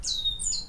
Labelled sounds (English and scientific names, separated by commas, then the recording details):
Stitchbird (Notiomystis cincta) song
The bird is a male
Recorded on Tiritiri Matangi Island, New Zealand, in 2005
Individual 19, of nest box 27